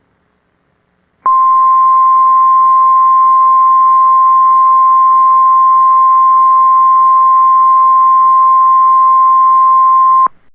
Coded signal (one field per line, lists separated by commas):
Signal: Emergency Alert System (SAME) tones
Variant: 1050 Hz attention tone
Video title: EAS Mock: Tornado Warning for Fayetteville, NC (Not Real, it's fake) (1/17/2018)